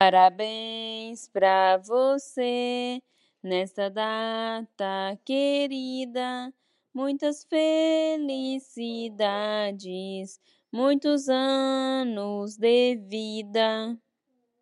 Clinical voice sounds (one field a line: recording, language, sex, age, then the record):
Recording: short text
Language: Brazilian Portuguese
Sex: female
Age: 30 to 39 years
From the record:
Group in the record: control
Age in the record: 33 years